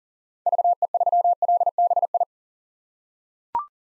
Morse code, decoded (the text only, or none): VE3LBI